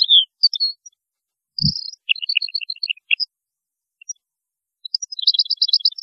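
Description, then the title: European goldfinch song, a rapid tinkling twitter of high, varied notes in bursts, with a single low thump partway through. "Chant Chardonneret"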